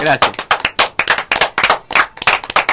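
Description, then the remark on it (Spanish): Applause from a small group for the guests from Trébol Kawasaki: a dense patter of loud, sharp claps that surges in quick uneven waves for a few seconds, with no voices standing out. “Un aplauso para Trébol Kawasaki.”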